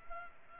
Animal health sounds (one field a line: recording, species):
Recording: mosquito wingbeat signal from an infrared sensor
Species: Culex pipiens